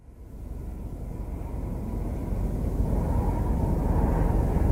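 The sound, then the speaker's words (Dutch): A quiet short-distance propeller aircraft driven by an electric motor gives off a steady, low whirring drone that slowly swells in loudness over about five seconds, with no voices present. “Dus het is een elektromotor.”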